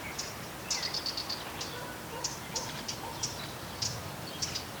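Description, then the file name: Eurasian blackcap calls: sharp, high clicking notes, several in a quick run, then single ticks at uneven intervals, over faint hiss. "Sylvia atricapilla"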